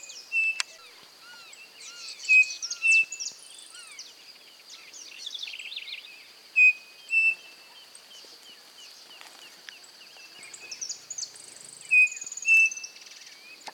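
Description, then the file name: Striped cuckoo giving clear whistled two-note calls about every four to five seconds, over a steady high buzz and other chirping. "crespín voz"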